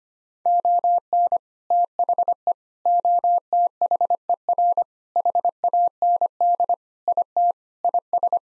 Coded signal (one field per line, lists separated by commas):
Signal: Morse code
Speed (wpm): 25 wpm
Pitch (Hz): 700 Hz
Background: none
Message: ON THE OTHER HAND IT IS